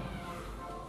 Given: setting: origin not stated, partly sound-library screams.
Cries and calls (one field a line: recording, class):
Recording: one-second piece from a danger detection set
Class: woman in danger